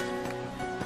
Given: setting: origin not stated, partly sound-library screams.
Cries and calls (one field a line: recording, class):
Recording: one-second piece from a danger detection set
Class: normal situation